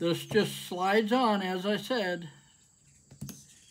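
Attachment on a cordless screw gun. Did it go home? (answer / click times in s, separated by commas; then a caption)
yes / 3.2 s, 3.3 s. An attachment is slid onto a cordless screw gun and locks in place. Someone talks for the first couple of seconds, then after a quiet stretch two quiet snaps are heard at 3.2 s and 3.3 s as the attachment seats.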